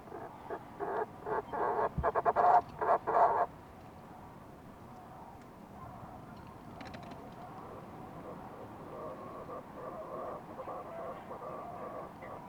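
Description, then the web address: Fulmar prion calls: a rapid series of loud, harsh, pulsed bursts for the first three seconds, then only faint chattering beneath a steady hiss. "sound fulmar-prion. صدای-پرنده-پریان-بدبو"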